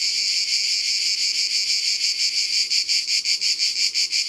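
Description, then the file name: Cicadas produce a continuous shrill buzz that breaks into clear rapid pulses in the second half. Cicadas recorded at Ribes, Ardèche, France, as part of a sound-ambience collection by Studio Les Trois Becs. "Cigales-Ribes-Ambiances-Sonores-d Ardeche-Studio-Les-Trois-Becs"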